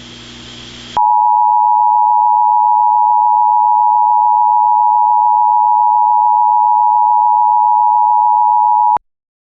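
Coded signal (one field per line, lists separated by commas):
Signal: Emergency Alert System (SAME) tones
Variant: 853 and 960 Hz attention tone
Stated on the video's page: Fictional mock EAS scenario about mutated rats.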